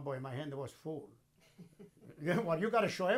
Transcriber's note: chuckles